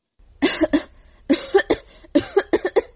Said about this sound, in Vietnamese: Hắn lại bắt đầu ho sặc sụa.